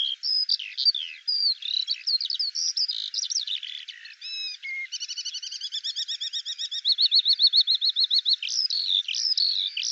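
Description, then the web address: Eurasian skylark song: jumbled high warbling, then a run of evenly repeated rattling trill notes, before the warble resumes. "Deverinetal 2025 Bird Al Ar"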